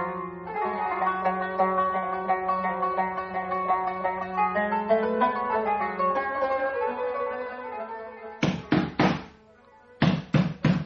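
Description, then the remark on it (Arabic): A sustained, melodic tonal passage fades out, then loud, heavy knocking on a door by Umar ibn al-Khattab, wearing a sword, comes in two forceful bursts of rapid blows, about four and then three, with a short pause between. “يقول أبو بكر: من ذا الذي يضرب علينا الباب بعنف؟”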